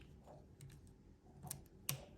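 An upper plastic removable retainer is pushed up onto the teeth with the thumbs until it sits in position. Soft small clicks and taps are heard, with a sharper one at 1.5 s and the strongest, crisp click at 1.9 s as the retainer seats.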